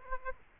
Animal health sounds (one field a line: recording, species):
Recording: mosquito wingbeat signal from an infrared sensor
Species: Aedes aegypti